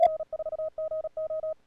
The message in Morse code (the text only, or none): N4GO